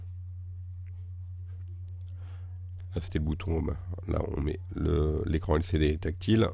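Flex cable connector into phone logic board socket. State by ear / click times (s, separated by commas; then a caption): seated / 1.9 s. A flex cable is pressed back onto its connector socket on an iPhone 7 logic board during a screen replacement, and it seats with a short, sharp click at 1.9 s, with fainter ticks near 0.9 s and 2.8 s. A steady low hum runs throughout, and someone talks from about 3 s on.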